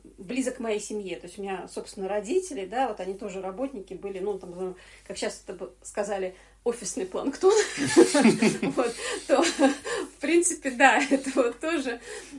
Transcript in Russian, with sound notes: близок моей семье, то есть, у меня, собственно, родители, да, вот они тоже работники были, ну там, как сейчас, это сказали бы, офисный [смех] вот, то, в принципе, да, это вот тоже…